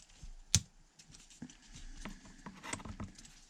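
A piece of a wooden mechanical 3D butterfly puzzle is pushed into the puzzle frame after resisting, with a sharp, loud hit at 0.5 s as it seats home. Softer taps, rubbing and patter follow through the rest of the clip, including a smaller knock near 2.7 s.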